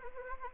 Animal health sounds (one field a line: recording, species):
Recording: mosquito wingbeat signal from an infrared sensor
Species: Anopheles arabiensis